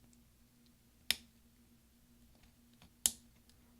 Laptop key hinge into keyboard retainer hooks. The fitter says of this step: So now just take your finger and push down until you hear a click.